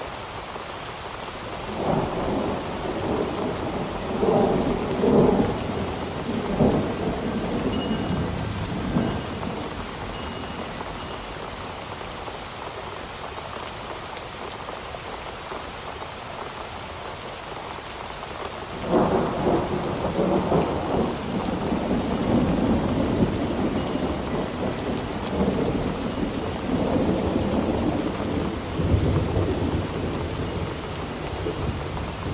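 A storm with steady rain hissing across the whole clip, dense and even. Low thunder rumbles roll through from about 2 to 10 seconds, ease off, then return more strongly from around 19 seconds to the end, with distant rumbling throughout.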